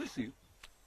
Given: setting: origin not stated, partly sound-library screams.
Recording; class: one-second piece from a danger detection set; normal situation